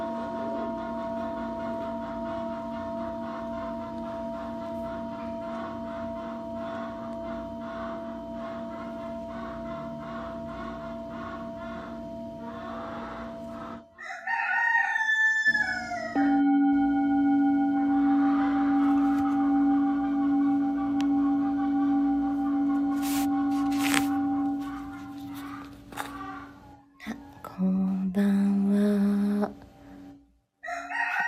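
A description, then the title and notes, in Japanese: Singing bowl sound healing: a bowl's steady ringing tone with a soft hum underneath holds for about fourteen seconds. Around fourteen seconds a brief bright wavering sound cuts in, then a louder, lower sustained tone sounds, with short pitch shifts and clicks near the end. メキシコから シンギングボウルのサウンドヒーリング ライブ。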